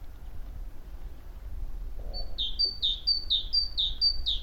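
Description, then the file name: Great tit song starting after a quiet opening: six or so quick two-note phrases, high then dropping, steady and evenly spaced. "Parus major"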